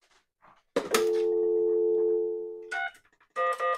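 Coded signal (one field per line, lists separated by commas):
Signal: telephone call progress tone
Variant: North America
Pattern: dial tone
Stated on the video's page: Prepay payphone controller adding a Dial Tone First function, providing coin control for Western Electric and other makers' payphones.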